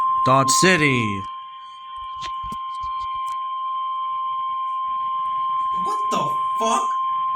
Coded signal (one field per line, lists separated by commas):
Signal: Emergency Alert System (SAME) tones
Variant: 1050 Hz attention tone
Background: speech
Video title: Moderately Crazy. | EAS Alerts From 5/19/24 | EAS #614-625